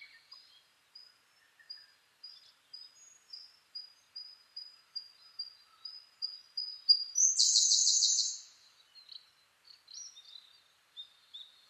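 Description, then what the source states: Siberian blue robin song: evenly spaced, thin, high notes quicken into a loud, rapid, buzzy trill, followed by soft high twitters. Recorded 2 June 2010 at 08:36.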